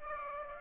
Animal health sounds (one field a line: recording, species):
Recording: mosquito wingbeat signal from an infrared sensor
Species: Aedes aegypti